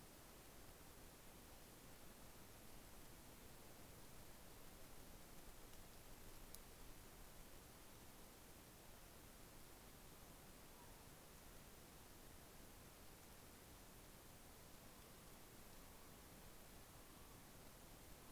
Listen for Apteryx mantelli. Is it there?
no